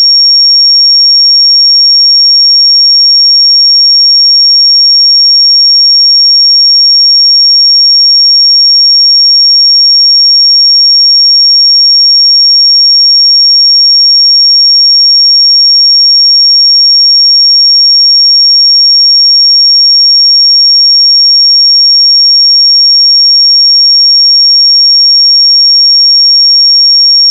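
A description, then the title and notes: A single high, piercing 5544 Hz sine tone holds perfectly steady at constant loudness for the whole stretch, with nothing else around it. 5544 Hz 1 Hz Interval Sine Pure Tone Frequency 441000 Sample Mono.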